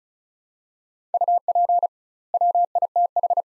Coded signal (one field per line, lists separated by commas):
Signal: Morse code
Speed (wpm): 34 wpm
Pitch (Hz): 700 Hz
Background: none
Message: UP WITH